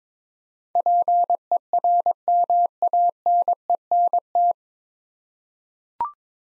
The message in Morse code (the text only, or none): PERMANENT